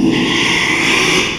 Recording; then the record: squeal of a Yucatan mini pig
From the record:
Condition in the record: after surgery on the right vocal fold (resection and tissue-engineered implant); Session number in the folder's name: 1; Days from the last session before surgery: 6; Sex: male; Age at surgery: 12 weeks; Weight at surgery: 13 kg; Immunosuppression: cyclosporine, prednisolone